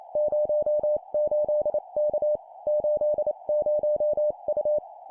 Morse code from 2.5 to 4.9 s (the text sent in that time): 80U